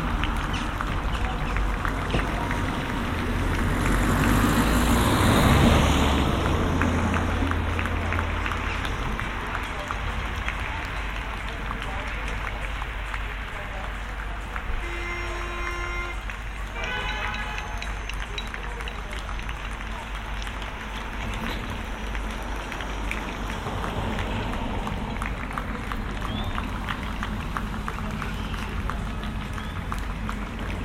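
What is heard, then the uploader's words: Neighbours clap steadily outdoors for carers, a dense patter throughout, with a passing rumble near five seconds and brief whistles around fifteen. Lockdown Sounds: Clap for Carers. Neath, May 2020. Recorded using the Sennheiser AMBEO Smart Headset.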